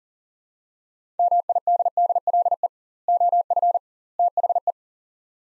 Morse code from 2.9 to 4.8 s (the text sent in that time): OF THE